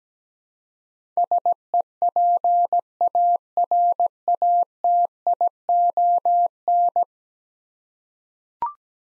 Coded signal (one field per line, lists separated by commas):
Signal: Morse code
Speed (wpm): 17 wpm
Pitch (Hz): 700 Hz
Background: none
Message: SEPARATION